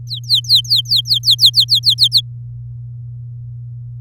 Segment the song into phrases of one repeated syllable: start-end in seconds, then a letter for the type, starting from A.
0.07-1.94 A, 1.98-2.21 B